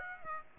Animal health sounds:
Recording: mosquito wingbeat signal from an infrared sensor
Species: Aedes aegypti

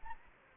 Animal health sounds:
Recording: mosquito wingbeat signal from an infrared sensor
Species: Anopheles gambiae

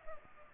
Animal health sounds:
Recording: mosquito wingbeat signal from an infrared sensor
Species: Culex pipiens

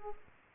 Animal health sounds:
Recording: mosquito wingbeat signal from an infrared sensor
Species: Aedes aegypti

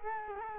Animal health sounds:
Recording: mosquito wingbeat signal from an infrared sensor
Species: Culex quinquefasciatus

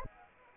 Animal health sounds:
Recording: mosquito wingbeat signal from an infrared sensor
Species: Anopheles arabiensis

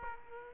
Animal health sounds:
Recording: mosquito wingbeat signal from an infrared sensor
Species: Aedes aegypti

